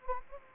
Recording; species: mosquito wingbeat signal from an infrared sensor; Anopheles gambiae